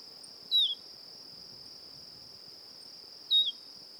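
Tropeiro seedeater calls, two short high whistles sliding downward, about three seconds apart, over a steady high-pitched insect drone.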